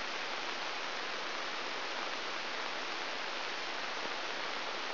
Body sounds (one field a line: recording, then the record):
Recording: brain microelectrode recording played as sound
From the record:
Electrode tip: inside the subthalamic nucleus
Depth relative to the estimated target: -2.4 mm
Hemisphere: left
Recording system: AlphaMap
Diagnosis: Parkinson's disease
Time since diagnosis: 21 years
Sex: female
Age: 61 years